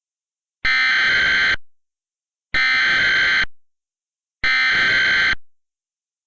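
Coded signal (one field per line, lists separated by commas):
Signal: Emergency Alert System (SAME) tones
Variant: header bursts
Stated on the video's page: Mock EAS alert with deliberately distorted SAME tones.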